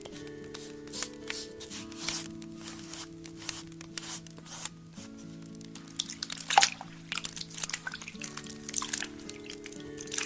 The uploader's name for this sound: soap, water sounds